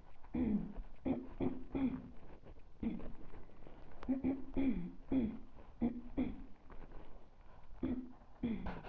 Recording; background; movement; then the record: throat clearing; quiet; walking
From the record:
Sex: female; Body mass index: 22.6 kg/m2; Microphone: on the chest, facing the body